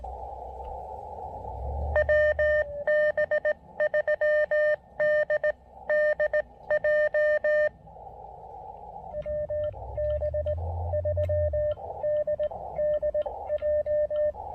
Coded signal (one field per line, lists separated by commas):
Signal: Morse code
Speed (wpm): 18 wpm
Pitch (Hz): 590 Hz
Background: radio noise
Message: WB3DDJ WB3DDJ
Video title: Pairing the Elecraft KX2 and Chelegance MC-750 for a quickie QRP POTA activation!